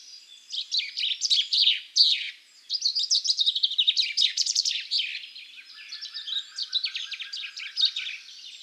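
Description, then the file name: Common chaffinch song, dense overlapping phrases of quick notes running throughout, with a separate low, even trill joining in the second half. "Fringilla coelebs"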